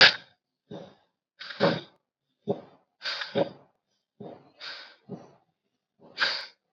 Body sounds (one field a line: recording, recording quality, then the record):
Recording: deep breathing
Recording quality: moderate, slight background noise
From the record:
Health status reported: COVID-19 positive, mild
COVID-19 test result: positive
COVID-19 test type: RT-PCR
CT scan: not taken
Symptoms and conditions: cough, fever, muscle pain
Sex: male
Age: 50 years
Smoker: no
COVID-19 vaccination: both doses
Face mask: not worn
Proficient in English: no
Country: India